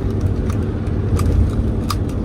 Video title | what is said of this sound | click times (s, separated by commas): December 2 - From Bangkok Airport to our Hotel | It's locked. | 1.9 s